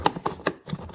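A plastic body piece is pressed into the frame of a Peg Perego Polaris RZR 900 ride-on toy vehicle, with the bottom already in and the top pushed home. Sharp plastic snaps are heard at 0.1, 0.3 and 0.5 seconds, among softer knocks and rubbing. The piece snaps fully into place.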